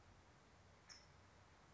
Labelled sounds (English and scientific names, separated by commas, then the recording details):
California Towhee (Melozone crissalis)
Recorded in Sonoma County, California